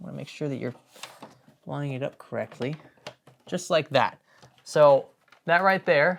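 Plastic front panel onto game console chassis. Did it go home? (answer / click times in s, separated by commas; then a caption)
yes / 1.0 s, 1.2 s. A plastic front panel of a game console is lined up and pressed onto the chassis until its clips engage, with two short sharp clicks at 1.0 s and 1.2 s. Someone talks throughout, and the panel ends up fully seated.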